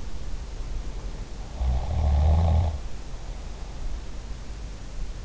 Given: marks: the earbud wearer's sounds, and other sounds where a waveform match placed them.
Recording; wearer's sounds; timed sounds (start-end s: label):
sounds in sleep by an in-ear microphone; snoring breath
1.50-3.99 s: snoring breath